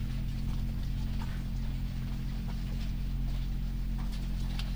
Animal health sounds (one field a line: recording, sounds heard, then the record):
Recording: poultry house recording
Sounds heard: sick chickens (respiratory disease)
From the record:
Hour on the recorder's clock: 1